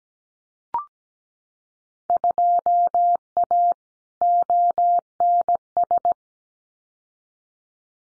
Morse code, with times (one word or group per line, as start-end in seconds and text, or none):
2.1-3.7 2A
4.2-6.1 ONS